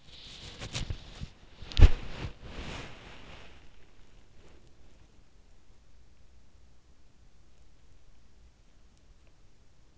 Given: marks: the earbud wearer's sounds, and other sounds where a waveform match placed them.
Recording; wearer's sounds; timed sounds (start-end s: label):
sounds in sleep by an in-ear microphone; body movement
0.00-5.05 s: body movement